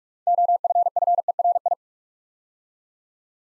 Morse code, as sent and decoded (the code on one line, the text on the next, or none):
--- ..-. ..-. . .-. ..
OFFERI